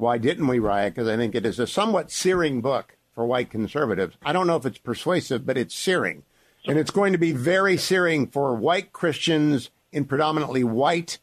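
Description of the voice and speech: A man speaks fluently in a mid-pitched, clear voice about a book, with brief natural pauses between phrases. Rhythm, articulation and voice quality are ordinary, with no blocks, repetitions or strain. This is typical conversational speech.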